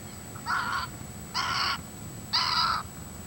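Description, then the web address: Snowy egret giving three harsh, raspy croaks about a second apart, each short and hoarse, against a quiet background with faint low hum. "cantos garcitablanca"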